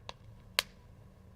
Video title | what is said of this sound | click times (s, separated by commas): Griots Garage LIVE: Introducing THE BOSS™ Hybrid Micro Polisher | simply push it locks into place so pretty convenient it's not gonna you know shift on you uh | 0.6 s